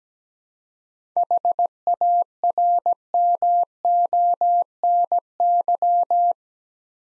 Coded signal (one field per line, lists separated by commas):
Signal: Morse code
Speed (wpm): 17 wpm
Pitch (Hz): 700 Hz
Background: none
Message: HARMONY